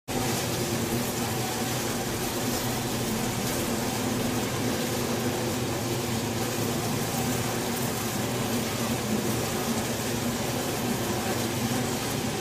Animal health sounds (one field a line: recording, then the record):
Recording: honeybee colony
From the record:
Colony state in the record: swarm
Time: day